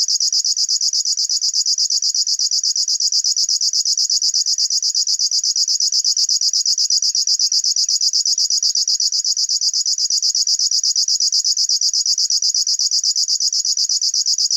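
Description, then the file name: River warbler delivering an unbroken, very high, insect-like pulsed buzz, steady and rhythmic for the whole stretch. "Schlagschwirl - Locustella fluviatilis"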